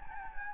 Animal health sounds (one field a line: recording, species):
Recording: mosquito wingbeat signal from an infrared sensor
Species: Anopheles gambiae